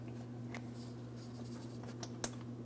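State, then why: Seated. A plastic electrical wiring harness connector is pressed into its port on top of the fuel pump module assembly of a 2007-2014 GMC Sierra 2500 HD 6.0L V8. Over a steady low hum, a few faint ticks lead to a sharp click at 2.2 s. The connector is seated and does not move.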